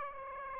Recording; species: mosquito wingbeat signal from an infrared sensor; Aedes aegypti